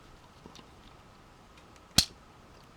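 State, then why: Seated. A plastic panel is clipped into the upper body of a Transformers Dark of the Moon Voyager Shockwave action figure during its transformation. After a few faint taps around 0.5 s, a sharp snap at 2.0 s marks the panel seating in at the top of the figure.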